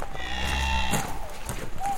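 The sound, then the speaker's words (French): A cow in a barn lets out a low, drawn-out moo lasting nearly a second, followed by a sharp clank and scattered shuffling and rustling noises, early in the morning at 6 a.m. as the farmer tends the cows. “il est tôt et il faut s'occuper des vaches.”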